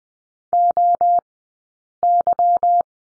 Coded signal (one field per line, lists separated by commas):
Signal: Morse code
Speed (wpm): 20 wpm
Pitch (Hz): 700 Hz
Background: none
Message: OY